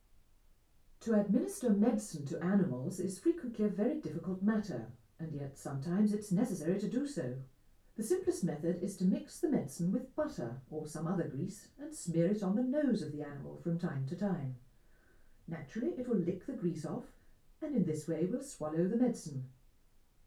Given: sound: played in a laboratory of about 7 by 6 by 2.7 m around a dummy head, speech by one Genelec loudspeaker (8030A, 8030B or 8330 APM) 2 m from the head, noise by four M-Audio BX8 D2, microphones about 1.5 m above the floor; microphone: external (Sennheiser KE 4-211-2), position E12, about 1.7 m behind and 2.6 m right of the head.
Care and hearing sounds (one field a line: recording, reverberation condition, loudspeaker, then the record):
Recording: female speech in English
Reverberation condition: low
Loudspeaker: 150 degrees to the right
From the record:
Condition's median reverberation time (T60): about 310 ms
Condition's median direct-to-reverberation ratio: about 3.5 dB